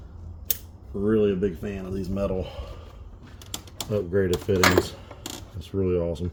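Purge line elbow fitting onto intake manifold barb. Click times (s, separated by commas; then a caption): 0.5 s. A metal elbow fitting on an upgraded custom purge line of a Focus ST is slid onto the intake manifold barb above the throttle body and clicks into place at 0.5 s, seating. Someone talks afterward, with a few small clicks around 3.4–3.7 s.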